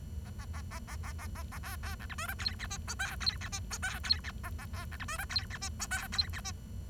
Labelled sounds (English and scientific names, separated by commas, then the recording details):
Bengalese Finch (Lonchura striata domestica) song
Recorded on 23 June 2012 at 10:31
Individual gr41rd51